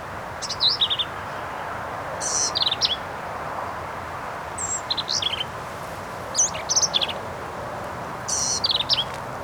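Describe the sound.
Black-capped vireo song: short, high, harsh chattering phrases with quick slurred notes, given several times a few seconds apart over steady background hiss.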